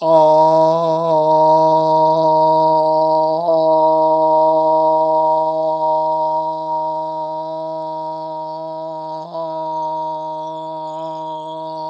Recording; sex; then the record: sustained vowel /o/; male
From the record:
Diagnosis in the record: healthy control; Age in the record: 70 years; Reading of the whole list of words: 64 s, 3.8 characters per second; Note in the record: marked for poor recording quality or reading difficulty